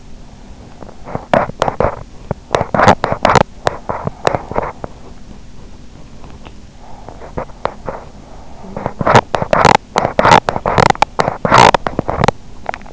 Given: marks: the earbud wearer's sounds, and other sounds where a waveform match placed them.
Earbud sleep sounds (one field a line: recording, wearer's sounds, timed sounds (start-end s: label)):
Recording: sounds in sleep by an in-ear microphone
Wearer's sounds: teeth grinding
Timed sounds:
0.53-5.10 s: teeth grinding
6.87-12.93 s: teeth grinding
8.63-9.12 s: sound from someone else or the room